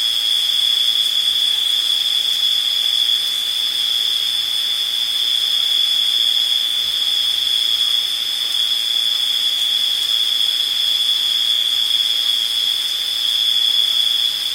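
Summer evening bugs keep up a steady, dense buzzing chorus, a thin high trill that holds without pause for the full length. Its loudness barely changes, with only slight swells, and a soft hiss sits underneath. No other sounds break in.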